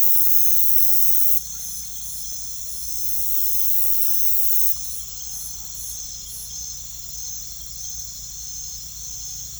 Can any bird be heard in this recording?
no